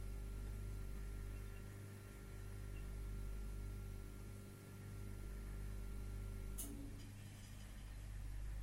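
A refrigerator compressor in a café drones with a steady low hum and faint tonal overtones, then a sharp click sounds near the end as the fridge stops and part of the hum cuts out, leaving a quieter background.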